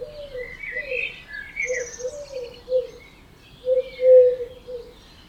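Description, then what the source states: Birds: dawn bird chorus mixing low, soft hooting notes in short runs with higher chirps and whistled phrases from other birds. Dawn chorus at 4 am in Oberhofen, Inntal, Austria; binaural recording made for headphones.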